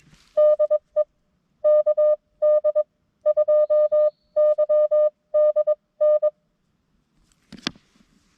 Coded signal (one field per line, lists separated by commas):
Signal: Morse code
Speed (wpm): 22 wpm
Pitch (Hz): 590 Hz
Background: music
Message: DE KD2YDN